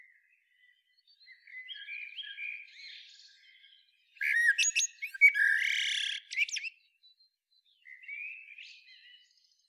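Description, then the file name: Eurasian blackbird song: quiet warbling, then a louder burst of whistles and harsh high twitter in the middle, fading to soft warbles again. "Turdus merula"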